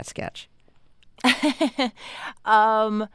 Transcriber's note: laughter